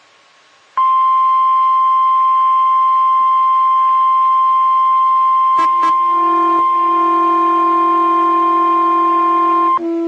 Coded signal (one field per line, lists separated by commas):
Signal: Emergency Alert System (SAME) tones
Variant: 1050 Hz attention tone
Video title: EAS Required Weekly Test On KHB37 2/3/21 (EAS #330)